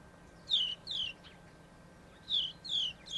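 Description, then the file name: House sparrow calling, two bright descending chirps, a short pause, then another pair of sharp slurred chirps. "Passer domesticus"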